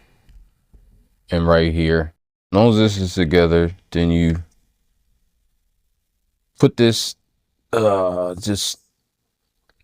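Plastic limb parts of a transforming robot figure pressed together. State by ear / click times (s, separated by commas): not seated / none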